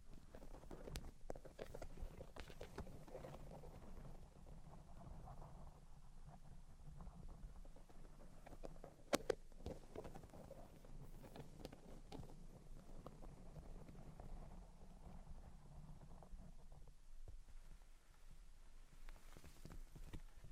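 Soft tapping and scratching continue steadily over a low murmur, with sharp clicks scattered throughout and one louder knock just after nine seconds.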